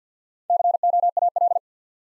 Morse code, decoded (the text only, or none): COAL